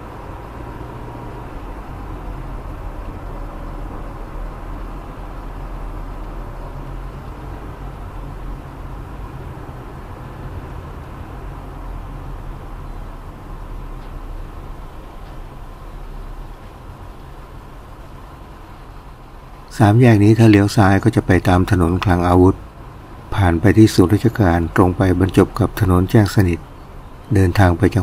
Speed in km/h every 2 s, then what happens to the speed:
35, 34, 32, 28, 24, 27, 24, 19, 15, 14, 14, 17, 21, 19.
0-7 slows to 24. 11-16 slows to 15. 20-24 speeds up to 21.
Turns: none.